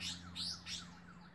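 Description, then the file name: Baglafecht Weaver giving short, high, chirpy notes in quick succession, three bursts within about a second, over a steady low hum. "Ploceus baglafecht - Baglafecht Weaver"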